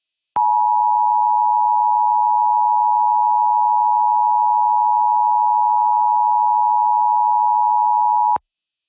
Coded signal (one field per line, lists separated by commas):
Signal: Emergency Alert System (SAME) tones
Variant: 853 and 960 Hz attention tone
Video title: EAS: Pennsylvania Required Monthly Tests (7/16/20)(EAS #421-429)